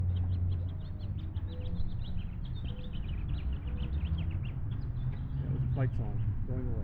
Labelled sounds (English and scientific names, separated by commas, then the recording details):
House Finch (Haemorhous mexicanus) song
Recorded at Hewlett Bay Park on Long Island, New York, on 10 June 1975
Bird B